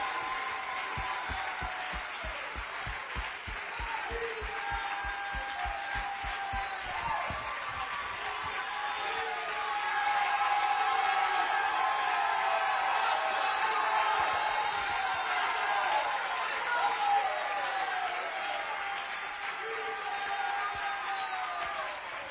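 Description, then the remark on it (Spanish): An audience breaks into applause for Jesus Christ, starting with rhythmic clapping that swells into a sustained, dense wash of clapping mixed with cheering and scattered voices for over twenty seconds. “Todos los que han sido cambiados por el poder de Dios, que le den un aplauso grande a Jesucristo.”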